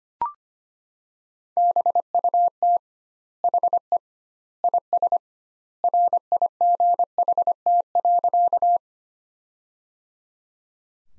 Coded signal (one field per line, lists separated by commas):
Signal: Morse code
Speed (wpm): 25 wpm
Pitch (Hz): 700 Hz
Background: none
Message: BUT HE IS RIGHT.